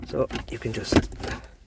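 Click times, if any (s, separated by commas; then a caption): none. In a Ford EcoSport, after a handbrake adjustment, the plastic trim frame around the handbrake gaiter is handled and lined up to be pushed back into the centre console while someone talks. There is a brief handling sound near 1.0 s. Nothing has seated or clicked yet.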